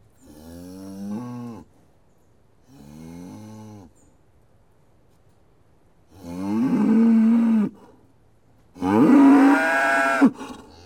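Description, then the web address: Cattle: cows mooing four times, two softer moos followed by two louder, harsher bellows. Cows mooing; livestock. "The BBC Sound Effects Library. Cows Mooing"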